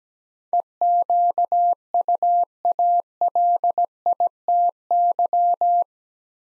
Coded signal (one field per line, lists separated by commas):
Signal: Morse code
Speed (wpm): 17 wpm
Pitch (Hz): 700 Hz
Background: none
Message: EQUALITY